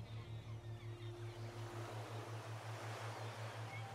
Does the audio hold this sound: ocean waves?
yes